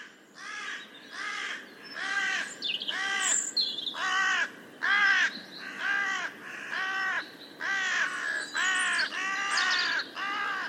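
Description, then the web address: Bird: crow-like caws, harsh and repeated about once a second in a steady series. "cianscape. Deverinetal. Bird Only"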